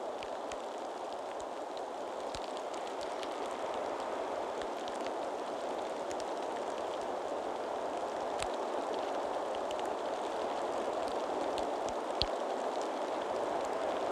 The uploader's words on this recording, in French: J'ai posé mes micros sur la crête du Kastelberg en direction du Kerbholtz. Les conditions météorologiques étaient très venteuses avec de la pluie.